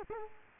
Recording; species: mosquito wingbeat signal from an infrared sensor; Culex quinquefasciatus